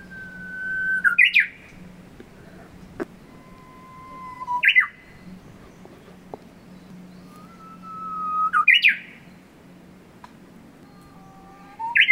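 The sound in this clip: Japanese bush warbler song given four times, each a long, level, clear whistle followed by a sharp flourish, roughly every four seconds, the last cut off, over a quiet background hum.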